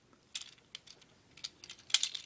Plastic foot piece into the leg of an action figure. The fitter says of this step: take it and just press it all the way up until it pops into place like that